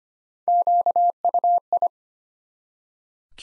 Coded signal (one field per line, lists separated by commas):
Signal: Morse code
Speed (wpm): 25 wpm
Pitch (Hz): 700 Hz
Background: none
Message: QUI